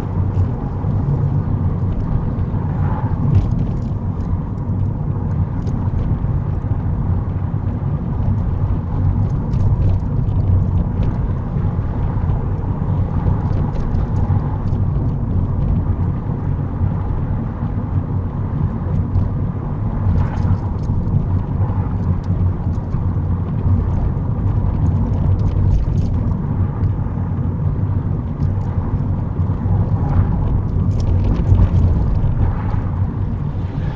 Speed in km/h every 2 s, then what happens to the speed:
34, 32, 31, 32, 32, 35, 35, 32, 32, 34, 32, 34, 32, 32, 32, 31, 29.
0-34 steady at about 32.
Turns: none.